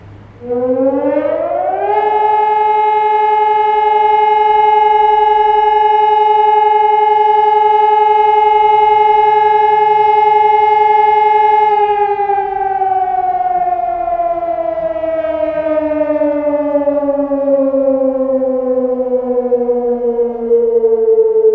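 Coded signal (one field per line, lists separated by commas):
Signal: siren signal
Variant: German Feueralarm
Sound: loud electronic siren rises, holds a steady tone about ten seconds, then slowly drops in pitch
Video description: Monatliche Sirenenprobe in Eitorf am 4. Samstag im Monat um 11.15 Uhr mit dem Signal "Feueralarm".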